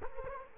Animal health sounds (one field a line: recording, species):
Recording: mosquito wingbeat signal from an infrared sensor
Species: Culex quinquefasciatus